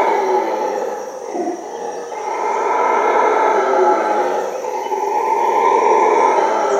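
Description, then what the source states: Howler monkey howling: a dense, rough roaring drone held almost without pause, swelling and dipping in loudness over several seconds. Recorded at midnight.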